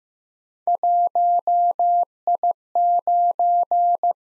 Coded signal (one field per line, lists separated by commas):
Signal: Morse code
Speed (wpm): 15 wpm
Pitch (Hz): 700 Hz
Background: none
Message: 1I9